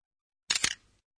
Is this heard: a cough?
no